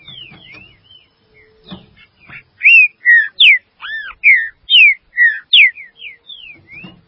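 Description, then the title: Green-winged saltator song: a lively series of loud, clear whistled notes, downslurred and looped, with faint low rustling at the start and end. "Trinca Ferro"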